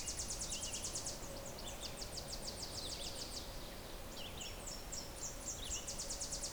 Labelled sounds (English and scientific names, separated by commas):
Red-eyed Vireo (Vireo olivaceus) song